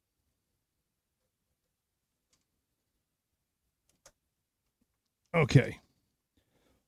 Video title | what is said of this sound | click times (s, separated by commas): Building a Custom PC - 16th July 2016 - SquirrelPlus | all memory is clicked into place | 4.1 s